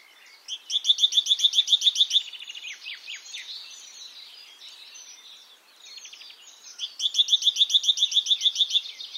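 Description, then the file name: Great tit giving a fast run of bright, clipped notes, then a pause with softer twittering, before another quick burst. "Parus major"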